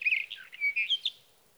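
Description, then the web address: Sage thrasher song fragment: quick warbling notes followed by a few clearer slurred whistles, brief and unaccompanied. "birdsongforthecurious songs Sage Thrasher"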